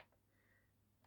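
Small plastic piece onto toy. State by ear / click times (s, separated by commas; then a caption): not seated / none. A small plastic piece is tried onto a toy, with faint soft taps near 0.0, 0.1 and 1.0 seconds over a steady low hum and a thin tone around 2 kHz in the middle. The piece does not catch, and nothing has clicked into place.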